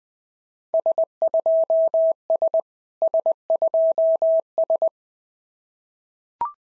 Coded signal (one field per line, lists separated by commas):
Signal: Morse code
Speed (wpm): 19 wpm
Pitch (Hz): 650 Hz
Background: none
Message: S2S S2S